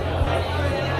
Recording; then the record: background sound without coughing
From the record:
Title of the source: CITY SOUNDS Busy Bar in the Evening Night - 2 HOURS of Ambiance for Relaxation